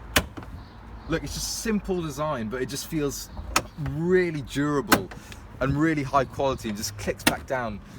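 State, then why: Seated. On a 1968 Lancia Fulvia coupe, a lid is raised and its metal support hinge clicks into its held-open position with a sharp click at 0.2 s, followed by a couple of faint ticks. Someone then talks, praising how durable and high-quality the simple hinge feels. The hinge locks and holds the lid open.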